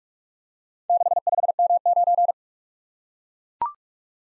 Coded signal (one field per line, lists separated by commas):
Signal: Morse code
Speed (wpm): 44 wpm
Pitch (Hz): 700 Hz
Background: none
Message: 65M9